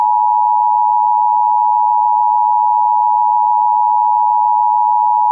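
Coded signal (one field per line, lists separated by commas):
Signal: Emergency Alert System (SAME) tones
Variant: 853 and 960 Hz attention tone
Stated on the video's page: Reenactment mock of a coastal flood alert using valid EAS tones.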